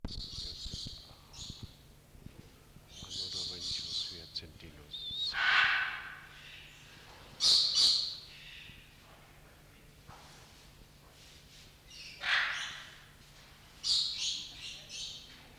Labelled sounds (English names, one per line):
Hyacinth Macaw call